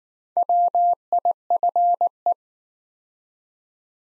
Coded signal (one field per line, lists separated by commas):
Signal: Morse code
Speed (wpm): 19 wpm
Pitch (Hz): 700 Hz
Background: none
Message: WIFE